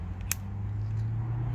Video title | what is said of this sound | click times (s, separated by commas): Workzone 1100W Portable Air Compressor Aldi Unboxing & Review | We should hear a click as well. | 0.3 s